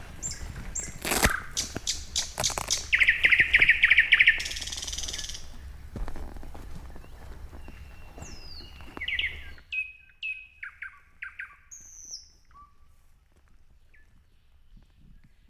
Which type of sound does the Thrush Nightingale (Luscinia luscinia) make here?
song